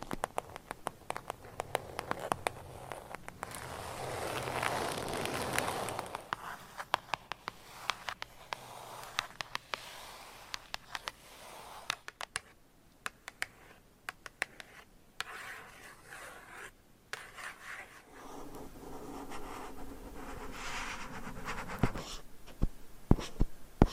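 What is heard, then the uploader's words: Dry scratching and rubbing fill the first six seconds and return after about eighteen, with sharp taps and clicks scattered throughout. The middle stretch is quieter, with sparse, irregular taps over a faint low hum. ASMR for ADHD Changing Triggers Every 5 Seconds Scratching , Tapping , Massage & More No Talking.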